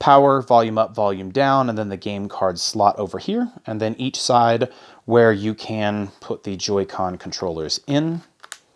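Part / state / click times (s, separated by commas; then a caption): detachable side controller into handheld game console rail / seated / 8.5 s. Someone talks while a detachable Joy-Con controller is slid down the side rail of a Nintendo Switch Mario Kart 8 Deluxe Edition handheld console. It latches with a sharp click at 8.5 s, and the controller is seated.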